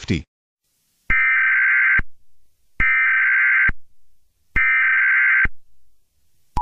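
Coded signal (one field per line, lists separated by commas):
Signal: Emergency Alert System (SAME) tones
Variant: header bursts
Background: speech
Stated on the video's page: Fictional, remade EAS scenario with background music.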